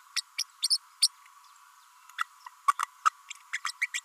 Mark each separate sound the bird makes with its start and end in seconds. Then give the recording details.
0.16-0.21, 0.37-0.44, 0.62-0.68, 1.01-1.08, 2.18-2.23, 2.68-2.73, 3.05-3.09, 3.53-3.60, 3.64-3.72, 3.81-3.87, 3.94-4.00. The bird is a female. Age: 32 days. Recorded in a nest box in Venezuela. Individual 17B32A5